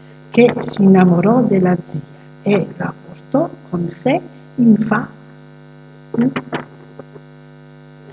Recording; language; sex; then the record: read passage; Italian; female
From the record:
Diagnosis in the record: healthy control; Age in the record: 62 years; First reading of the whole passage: 101 s, 4.7 characters per second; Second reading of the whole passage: 77 s, 5.9 characters per second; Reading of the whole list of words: 66 s, 3.9 characters per second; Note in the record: marked for poor recording quality or reading difficulty